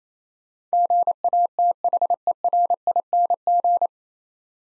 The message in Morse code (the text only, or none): GATHERING